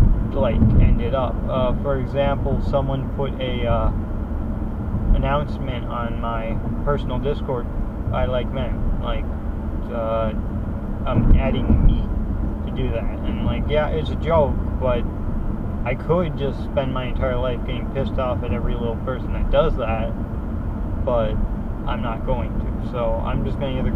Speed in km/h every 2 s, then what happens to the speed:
72, 72, 72, 72, 72, 72, 72, 76, 74, 74, 74, 74.
0-24 steady at about 72.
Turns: none.